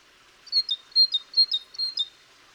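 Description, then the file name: Great tit with a short run of four high, ringing two-note phrases, upper note then lower, delivered in an even rhythm after a brief silence. "Parus major"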